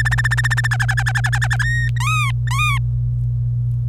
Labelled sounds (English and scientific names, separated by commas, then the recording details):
Domestic Canary (Serinus canaria) song
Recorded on 25 April 2018 at 16:15
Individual llb3